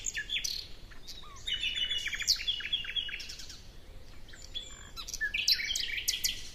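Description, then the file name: Common nightingale song: varied chirping phrases with a short buzzy run and brief rapid repeats. "Luscinia megarhynchos"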